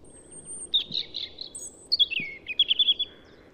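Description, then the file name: European robin phrase opening with a thin high whistle, then rapid sweet warbling notes that drop and trill, ending in a softer fading note; low hum underneath. "Erithacus rubecula"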